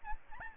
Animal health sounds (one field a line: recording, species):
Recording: mosquito wingbeat signal from an infrared sensor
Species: Aedes albopictus